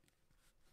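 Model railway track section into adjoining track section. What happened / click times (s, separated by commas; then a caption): Small plastic parts handled and pushed together, not yet seated / none. Plastic Rokuhan Z-scale model railway track sections with metal rail joiners are handled flat on a table as they are pushed toward an adjoining track section. Only faint, quiet rustling and light scraping are heard. Nothing has seated or clicked yet.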